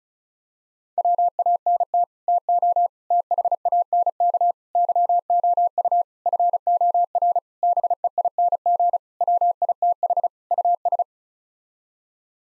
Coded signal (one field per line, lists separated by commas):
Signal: Morse code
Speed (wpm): 34 wpm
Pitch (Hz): 700 Hz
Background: none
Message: WANT TO THANK YOU FOR BEING WITH US